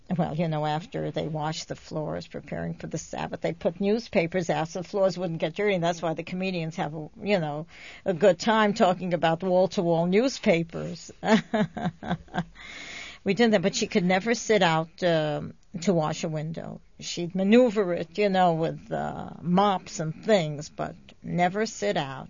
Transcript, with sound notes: Well, you know, after they washed the floors preparing for the Sabbath they'd put newspapers out so the floors wouldn't get dirty, and that's why the comedians have, you know, a good time talking about wall-to-wall newspapers. ( she laughs ) We didn't do that. But she could never sit out to wash a window. She'd maneuver it, you know, with mops and things, but never sit out.